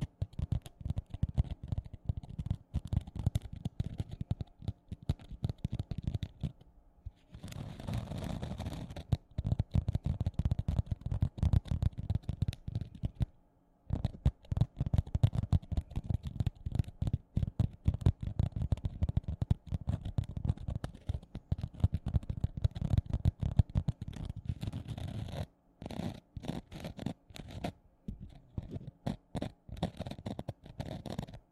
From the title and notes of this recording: ASMR Sponge Scratching & Rubbing (NO TALKING).